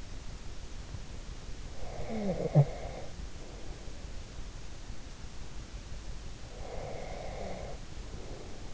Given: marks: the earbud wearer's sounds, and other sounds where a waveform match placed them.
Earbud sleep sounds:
sounds in sleep by an in-ear microphone; snoring breath, breath
1.74-4.37 s: snoring breath
6.45-8.74 s: breath

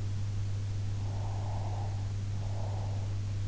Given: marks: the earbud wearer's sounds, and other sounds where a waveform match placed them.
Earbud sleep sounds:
sounds in sleep by an in-ear microphone; breath
1.05-3.14 s: breath

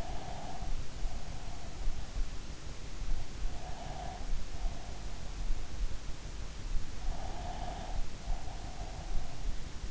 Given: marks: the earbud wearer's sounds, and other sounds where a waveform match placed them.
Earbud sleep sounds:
sounds in sleep by an in-ear microphone; breath
0.00-2.06 s: breath
2.96-5.10 s: breath
7.11-9.76 s: breath

